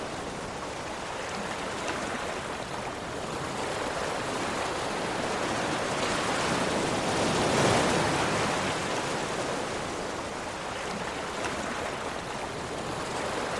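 Gentle ocean waves wash in a steady, dense hiss of water with no sharp breaks. The sound swells slightly around the middle, peaking near eight seconds, then eases back to an even, soft rush.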